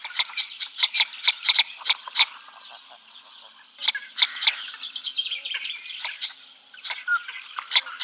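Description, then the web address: Northern Shoveler male giving dry, rapid knocking notes in quick series, pausing, then resuming. "Schulze Peter Shoveler male"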